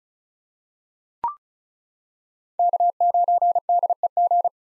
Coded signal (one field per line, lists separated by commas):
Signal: Morse code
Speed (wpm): 34 wpm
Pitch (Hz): 700 Hz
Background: none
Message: K9DEG